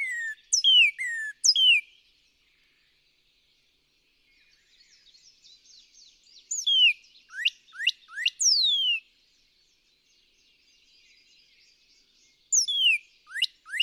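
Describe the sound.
Northern cardinal giving short bursts of slurred whistles, falling and rising notes, with pauses of several seconds between phrases.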